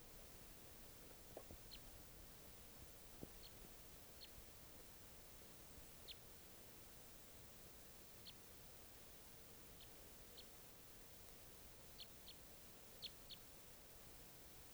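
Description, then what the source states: Red crossbill calls: faint, short sharp chips repeated irregularly throughout, many notes over a steady low hiss. Type 3 call; one crossbill held in a net during recording; recordist tried to collect a type 3 bird, which flew off.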